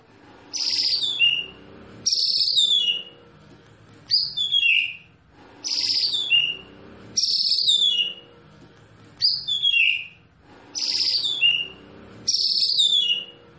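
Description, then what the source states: White-rumped shama song: a sharp high phrase sliding downward, repeated eight times at a steady pace. Masteran training recording for songbirds, featuring a champion (juara) bird.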